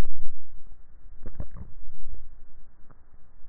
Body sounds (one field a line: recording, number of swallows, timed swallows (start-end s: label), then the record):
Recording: swallowing sounds by neck microphone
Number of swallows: 1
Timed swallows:
1.15-2.05 s: swallow
From the record:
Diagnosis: dysphagia